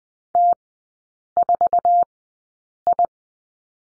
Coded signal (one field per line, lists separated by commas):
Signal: Morse code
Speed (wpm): 20 wpm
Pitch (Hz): 700 Hz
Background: none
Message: T4I